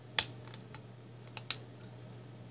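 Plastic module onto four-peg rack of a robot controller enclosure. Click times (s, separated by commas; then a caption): 0.2 s, 1.4 s, 1.5 s. A plastic module is pressed down onto the four pegs of a 3D-printed rack in a robot controller enclosure. Sharp plastic snaps are heard at 0.2, 1.4 and 1.5 seconds over a faint low hum. The module is seated, with all four pegs secure and all the way down.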